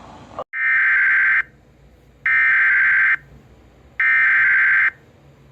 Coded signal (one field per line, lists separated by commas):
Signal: Emergency Alert System (SAME) tones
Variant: header bursts